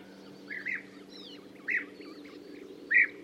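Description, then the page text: European bee-eater calls, soft and fairly faint: a loose series of burry chirps, with a couple of thinner, higher notes between them. "Золотистая щурка - автор записи - Tomas Belka"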